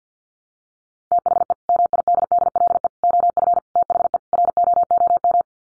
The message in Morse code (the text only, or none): THE MIDDLE OF THE ROOM